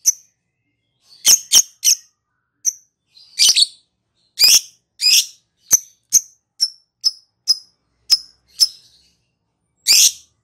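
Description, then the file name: Lovebird uttering a lively series of sharp, high chirps, some in quick doubles, others evenly spaced, ending with one louder harsh call after a pause. Lovebird giving its ngekek song. "suara burung lovebird ngekek"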